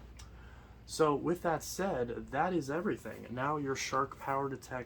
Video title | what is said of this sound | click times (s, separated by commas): Shark PowerDetect DuoClean Unboxing & Assembly Tutorial (AZ4002W) #sjark | and now we can click that down and now the odor neutralizing cartridge is installed properly | 0.2 s